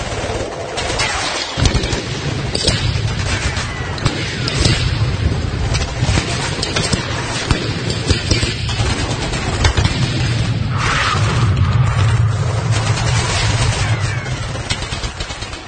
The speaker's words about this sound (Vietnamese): tiếng súng lớn nhỏ lại tiếp tục nổ giòn và dữ hơn trước.